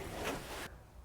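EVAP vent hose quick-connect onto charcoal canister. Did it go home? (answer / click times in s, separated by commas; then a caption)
no / none. A plastic EVAP vent hose quick-connect is handled onto the replacement charcoal canister of a Chevy Cruze, with its locking tab about to be pushed home. Broadband rustling and scraping handling noise fills the first 0.7 s, then drops to a quiet background hum. Nothing has seated or clicked yet.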